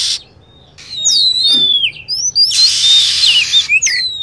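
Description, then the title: Lovebird chirps: several high swooping whistles, then a burst of hiss with more whistled notes at the end. Recording used as a bird lure (pikat) to attract birds. "PIKAT BURUNG LOVEBIRD"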